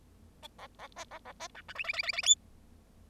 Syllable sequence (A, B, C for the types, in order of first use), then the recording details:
A A B A A B C D E E E E E F. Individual Bird0